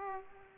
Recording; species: mosquito wingbeat signal from an infrared sensor; Aedes aegypti